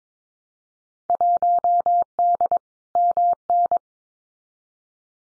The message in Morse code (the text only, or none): 1D MN